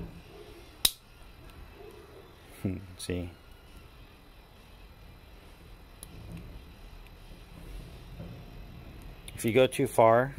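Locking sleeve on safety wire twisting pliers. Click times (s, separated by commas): 0.9 s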